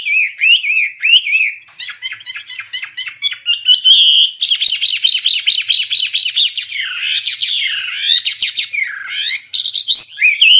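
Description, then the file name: Hwamei song, a loud, continuous run of varied whistled and slurred phrases, quick repeated notes and rising-falling sweeps, delivered without pause and with no other sounds. Singing energetically. "Burung Hwamei Wambi wambie. Gacor"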